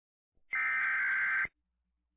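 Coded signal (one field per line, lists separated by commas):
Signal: Emergency Alert System (SAME) tones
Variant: header bursts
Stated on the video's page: Fictional EAS scenario about overpopulating rattlesnakes, not a real alert.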